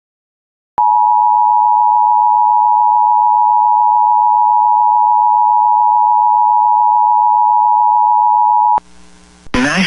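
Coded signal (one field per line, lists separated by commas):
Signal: Emergency Alert System (SAME) tones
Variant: 853 and 960 Hz attention tone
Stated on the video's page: Real alerts, partly from radio station audio supplied by others.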